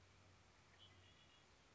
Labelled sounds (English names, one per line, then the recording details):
Red-winged Blackbird
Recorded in Sonoma County, California